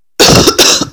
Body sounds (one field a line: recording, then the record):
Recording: coughing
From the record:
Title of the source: November cold (wet coughing)